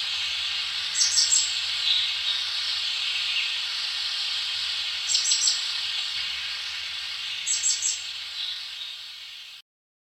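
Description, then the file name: Sri Lanka hanging parrot calls: brief clusters of thin, shrill high notes, heard three times over a steady hiss. "ceylon hanging parrot"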